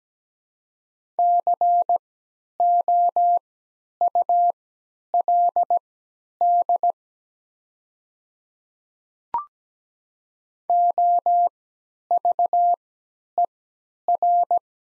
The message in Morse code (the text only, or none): COULD OVER